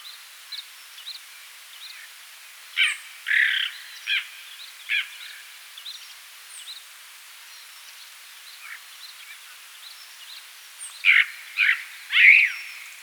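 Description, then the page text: Tibetan blackbird delivering short bursts of varied, warbling song phrases separated by long pauses, with scattered faint high chirps throughout. "Tibetan Blackbird Song. Quick Sounds"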